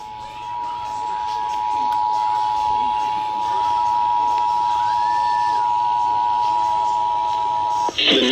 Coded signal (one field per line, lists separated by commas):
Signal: Emergency Alert System (SAME) tones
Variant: 853 and 960 Hz attention tone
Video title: EAS Alerts from 9/6/25 (EAS #210-219)